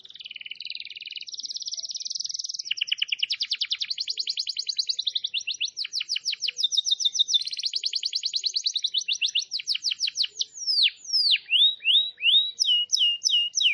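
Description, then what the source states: Canary song: a continuous run of rapid trills changing pitch and texture, ending with a series of loud, slurred, repeated downward whistles. Long, energetic canary song, used as a lure and tutor recording for wild canaries.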